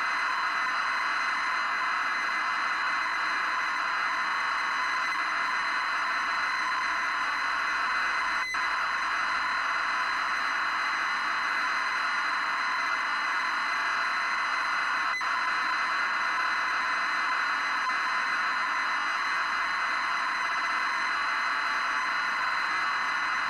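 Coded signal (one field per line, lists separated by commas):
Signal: ZX Spectrum tape loading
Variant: 48k ZX Spectrum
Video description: Featuring real time loading from cassette tape on a 48k ZX Spectrum. Previously untested 24 year old tape.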